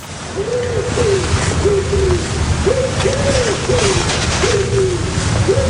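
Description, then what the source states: Common Wood Pigeon cooing song, soft hooting phrases of rising and falling coos repeated in a steady rhythm, with faint background hiss. As eager to make a lot of noise as the Eurasian collared dove; described as the real 'roekoekoe-koekoe' cooing.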